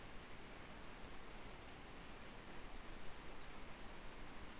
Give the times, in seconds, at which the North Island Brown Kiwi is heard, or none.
none